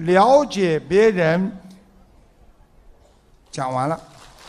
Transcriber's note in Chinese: 掌声